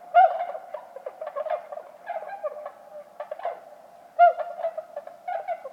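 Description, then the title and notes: Bewick's swans calling as a flock, soft bugling honks in overlapping runs, loudest near the start and just after four seconds. Flock of about forty at a night roost, sentinels calling at any disturbance, after 2 a.m., Lac du Der, Champagne, France, 6 January 2019, fog and drizzle; MKH20 pair, Nagra Seven. "Lac du DER. Cygnes de Bewick (Cygnus bewicki)"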